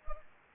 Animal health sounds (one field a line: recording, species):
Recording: mosquito wingbeat signal from an infrared sensor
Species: Anopheles arabiensis